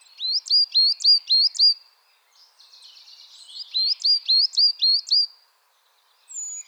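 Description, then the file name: Coal tit calls, two clear runs of five sharp high hooked notes, a soft buzzy chatter between them, and a thin whistle at the end. Chattering (bavarde) calls. "MESANGE NOIRE BAVARDE"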